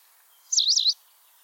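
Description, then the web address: White wagtail giving one shrill, rapidly wavering chirp, high and clear, about half a second long, against soft background hiss. "cianscape birddata Deverinetal 2025"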